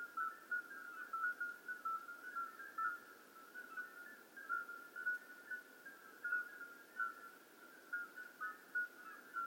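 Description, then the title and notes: Common midwife toad chorus of soft piping notes, several toads calling at once on close pitches, the beeps overlapping in a continuous, gently throbbing stream. Hundreds of toads calling simultaneously at slightly different pitches in an old disused quarry, outskirts of Lerouville; recorded just after midnight; calling begins at dusk and continues through the night. "Outskirts of Lerouville. Common Midwife Toads. Recorded by Colin Hunter. Music for Sleep project"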